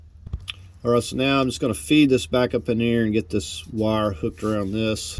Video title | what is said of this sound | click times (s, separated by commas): 2012-2018 Nissan Altima downstream O2 sensor replacement | Make sure it clicks. | 0.5 s